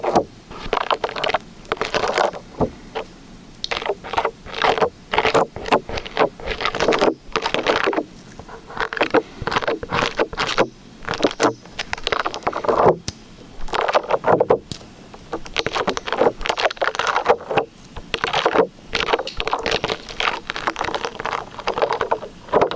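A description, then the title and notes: Liquid slime is squished and stretched in quick, wet bursts, with sticky squelches and pops following one another almost without pause across the whole recording. The sounds are bright and crackly, rising and falling in short clusters with brief near-silent gaps between them. Liquid Slime ASMR.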